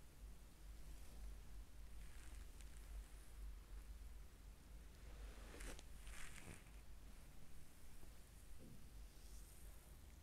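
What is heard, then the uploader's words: A foot massage, heard as soft rubbing and rustling against a steady low hum and faint hiss. Brighter bursts of skin or fabric friction come around two to three seconds, more strongly near six seconds, with a lighter stroke near nine seconds. ASMR relaxing foot massage.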